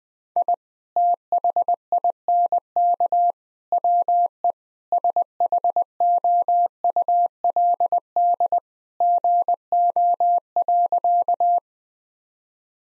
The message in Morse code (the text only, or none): I THINK WE SHOULD GO.